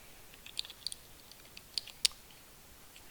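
A plastic tail piece is pushed into the body opening of a toy dinosaur figure, making a series of small, sharp plastic taps and scrapes, the loudest near the end. The tail does not click in because it is oriented the wrong way around, so nothing has seated or clicked yet.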